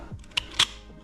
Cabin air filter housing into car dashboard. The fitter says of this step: and it locks into place so right